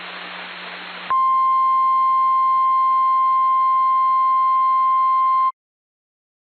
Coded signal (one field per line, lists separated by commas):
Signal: Emergency Alert System (SAME) tones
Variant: 1050 Hz attention tone